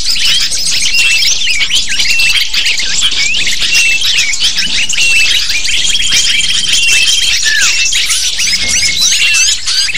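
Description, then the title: Continuous lovebird chatter: a crowded mix of sharp high squeaks, twitters and chirps from many birds, with a long flat whistle near the middle and a downslurred squeal. Used to lure lovebirds. "PIKAT BURUNG LOVEBIRD"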